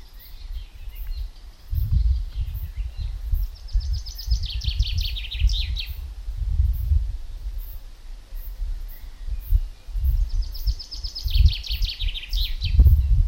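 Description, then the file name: Common chaffinch song given twice, about seven seconds apart, each a rattling descending trill ending in a flourish, with low rumbling noise throughout. "Fringilla coelebs"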